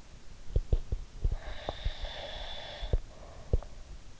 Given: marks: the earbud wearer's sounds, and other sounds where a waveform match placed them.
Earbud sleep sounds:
sounds in sleep by an in-ear microphone; breath
1.38-3.94 s: breath

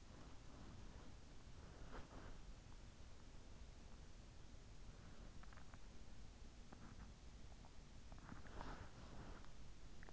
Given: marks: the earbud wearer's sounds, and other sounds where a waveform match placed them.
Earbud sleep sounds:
sounds in sleep by an in-ear microphone; body movement
0.00-3.01 s: body movement
8.13-10.13 s: body movement

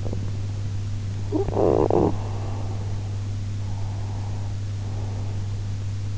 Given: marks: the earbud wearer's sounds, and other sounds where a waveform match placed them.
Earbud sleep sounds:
sounds in sleep by an in-ear microphone; talking in sleep, breath
1.07-2.36 s: talking in sleep
2.27-5.87 s: breath

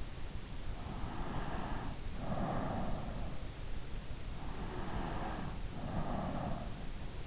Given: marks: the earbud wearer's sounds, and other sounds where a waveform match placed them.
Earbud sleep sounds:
sounds in sleep by an in-ear microphone; breath
0.79-3.51 s: breath
4.30-7.04 s: breath

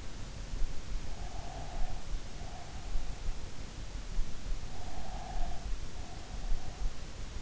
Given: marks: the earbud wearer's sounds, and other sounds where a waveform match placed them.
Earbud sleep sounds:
sounds in sleep by an in-ear microphone; breath
1.08-3.21 s: breath
4.70-6.96 s: breath

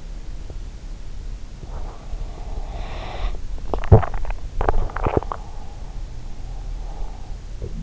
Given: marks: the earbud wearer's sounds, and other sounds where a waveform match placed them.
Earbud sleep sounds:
sounds in sleep by an in-ear microphone; breath, swallowing
1.67-3.52 s: breath
3.52-5.43 s: swallowing

